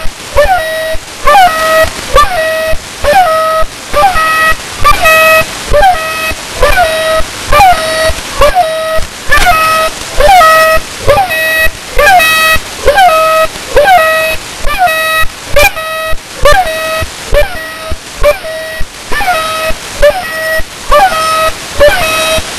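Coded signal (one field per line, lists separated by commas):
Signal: channel marker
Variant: The Goose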